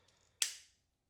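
A genuine plastic toy brick is pressed onto another plastic brick, fitting with real resistance. A faint tick comes at 0.1 s, then a sharp, bright snap at 0.4 s rings briefly and fades. The brick is seated.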